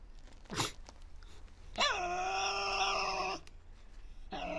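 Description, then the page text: Tasmanian devil wailing call: a single sustained, strained harmonic cry lasting over a second, with a faint click before and another cry starting at the end. Resident devils discussing who has priority, in an enclosure at the Devils@Cradle conservation facility, Cradle Mountain, Tasmania, on 24 October 2007. "Birdsong for the Curious Naturalist. Tasmanian devil. Inside an enclosure at the world-class conservation facility at Cradle Mountain, Tasmania"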